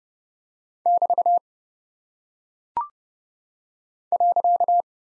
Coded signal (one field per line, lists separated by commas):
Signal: Morse code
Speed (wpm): 30 wpm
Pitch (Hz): 700 Hz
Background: none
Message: <BT> .